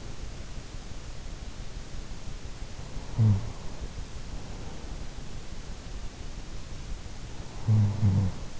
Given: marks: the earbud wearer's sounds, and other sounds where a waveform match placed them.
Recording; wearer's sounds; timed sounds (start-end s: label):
sounds in sleep by an in-ear microphone; snoring breath
2.77-4.09 s: snoring breath
6.95-8.60 s: snoring breath